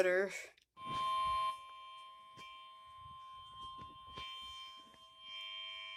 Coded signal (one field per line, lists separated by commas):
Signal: Emergency Alert System (SAME) tones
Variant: 1050 Hz attention tone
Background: speech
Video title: ADRENALINE: 4 2 0| EAS Alerts from June 29th, 2023